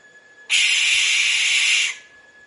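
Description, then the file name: Barn owl giving a single harsh, hissing screech lasting about one and a half seconds, broad and rasping, with a faint steady background tone. "canto da coruja de celeiro"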